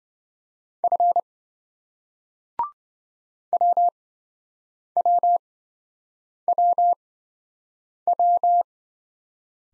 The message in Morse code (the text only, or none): F WWWW